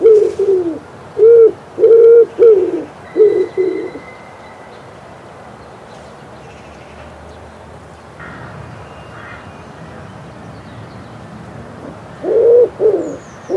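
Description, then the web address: Common wood pigeon cooing, a run of deep hoarse coos in a rhythmic phrase, a pause, then a couple more coos at the end. "Przyroda Ptaki Grzywacz"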